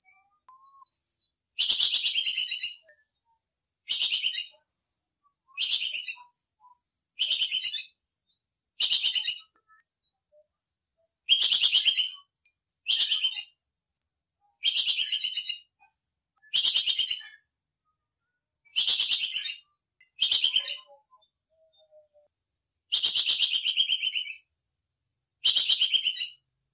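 A bird repeats short, bright, buzzy chirping bursts about every two seconds, each lasting roughly a second, against an otherwise quiet background.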